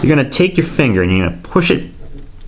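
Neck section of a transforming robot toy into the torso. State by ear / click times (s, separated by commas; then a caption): not seated / none. A man talks while handling the tight neck section of a DX Chogokin VF-25S Messiah Valkyrie Ozma Lee Custom Renewal Version die-cast transforming robot toy, getting ready to push it back into the torso with a finger. Nothing has seated or clicked yet; the neck has not snapped up into its locked position by the end of the clip.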